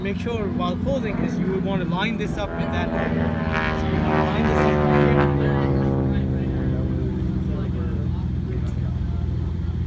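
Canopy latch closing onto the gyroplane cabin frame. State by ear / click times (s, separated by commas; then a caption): not seated / none. Someone talks while lining up the canopy of a Silverlight Aviation American Ranger-1 gyroplane with the cabin frame and starting to pull it closed, over a steady droning hum. The canopy latch has not clicked or seated yet in this clip.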